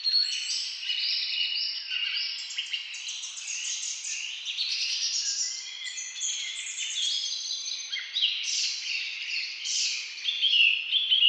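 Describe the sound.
Birds in a dense chorus, many high chirps and trills overlapping without pause, bursts of brighter whistles near the end.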